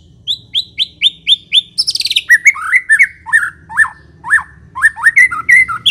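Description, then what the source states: White-rumped shama song opening with a steady series of clear repeated notes, then a burst of harsh rattle followed by quick varied slurred whistles and chips. Long-duration lure recording of white-rumped shama song.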